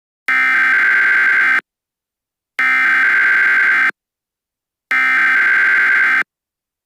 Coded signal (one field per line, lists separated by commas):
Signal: Emergency Alert System (SAME) tones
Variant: header bursts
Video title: Eas scenario: The Fungi (This is BUNS. View the new one inspired off of this)